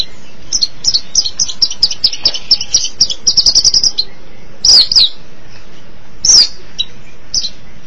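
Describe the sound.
Long-tailed Shrike giving sparse high chirps, a quick run of notes, then a few louder scratchy calls spaced apart.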